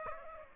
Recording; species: mosquito wingbeat signal from an infrared sensor; Aedes aegypti